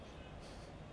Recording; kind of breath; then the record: one breath in and out by a microphone near the nose and mouth; strong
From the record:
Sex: male